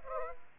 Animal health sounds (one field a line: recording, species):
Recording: mosquito wingbeat signal from an infrared sensor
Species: Aedes aegypti